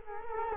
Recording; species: mosquito wingbeat signal from an infrared sensor; Culex quinquefasciatus